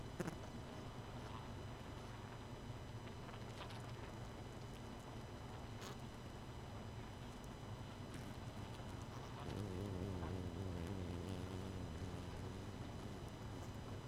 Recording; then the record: honeybee colony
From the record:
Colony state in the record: missing queen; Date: 31 May 2018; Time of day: 23:30